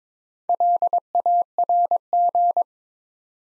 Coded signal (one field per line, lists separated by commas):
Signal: Morse code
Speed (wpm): 22 wpm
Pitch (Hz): 700 Hz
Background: none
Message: LARG